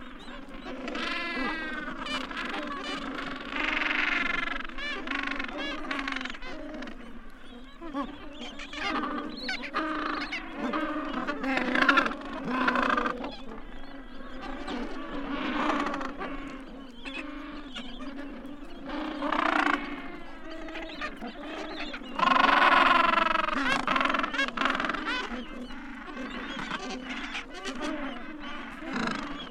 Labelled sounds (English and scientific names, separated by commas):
Gentoo Penguin (Pygoscelis papua) call